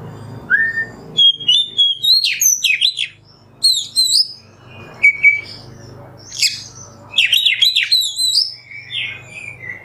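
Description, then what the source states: Oriental magpie-robin song in separate bursts of high whistles and sharp chirps, split by quiet gaps over a faint low hum. Kacer singing in the 'nembak' song style, on a 'masteran' recording.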